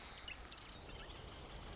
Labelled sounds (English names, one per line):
Marsh Wren